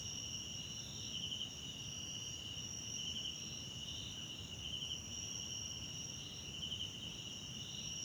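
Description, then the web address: Cricket chorus with a continuous high-pitched trill and a second shrill tone above it, periodic brighter pulsed bursts, and soft low background noise. South African crickets in the background at night in a wetland park at Kosi Forest Lodge, South Africa. "Tonschliff - SOUTH AFRICAN CRICKETS BG South Africa Wetland Park Kosi Forest Lodge Night"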